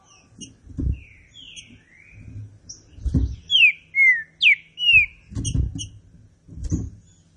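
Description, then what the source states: Green-winged saltator song: a rich phrase of loud down-slurred whistles in quick succession midway, over intermittent low thudding sounds. Classic song style (canto clássico) of the green-winged saltator, presented as a training recording.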